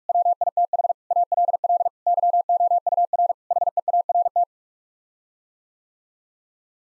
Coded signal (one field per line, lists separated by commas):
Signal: Morse code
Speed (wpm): 46 wpm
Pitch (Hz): 700 Hz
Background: none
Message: WITH ALL YOUR HEART